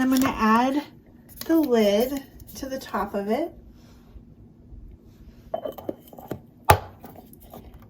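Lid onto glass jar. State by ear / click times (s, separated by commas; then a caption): seated / 6.7 s. Someone talks, then a lid is pressed onto the top of a small glass yogurt jar used as a terrarium, with a few light taps and ticks from about 5.5 to 6.3 s. It is pushed until it snaps into place with a sharp, loud click at 6.7 s, and the lid is seated.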